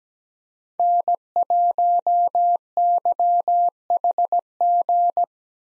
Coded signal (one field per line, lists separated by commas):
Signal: Morse code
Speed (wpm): 17 wpm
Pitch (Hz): 700 Hz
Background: none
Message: N1YHG